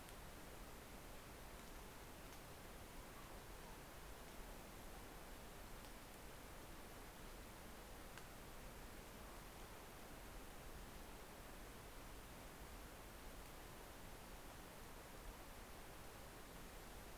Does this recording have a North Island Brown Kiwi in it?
no